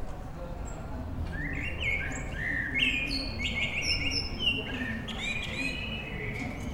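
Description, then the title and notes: Common blackbird song, a run of clear mellow whistled notes sliding up and down, with thin high squeaky twittering, low rumble behind. Evening in Bonn old town, May 2003; evening atmosphere. "bonn altstadt, amsel - abendstimmung, mai 2003. Amsel am Abend, Bonn 2003. by maik johannsen"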